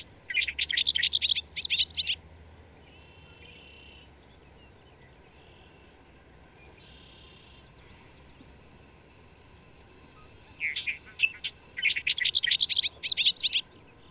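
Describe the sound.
Bird song: two bursts of fast, jumbled high twittering, one at the start and one after a long pause, with soft faint notes in between.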